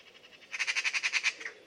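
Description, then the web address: Bird giving a short, harsh, pulsed call of about nine rapid squawking notes in under a second, ending with a couple of softer notes, after a few fainter pulses. "Deverinetal 2025 File origin Bird Only"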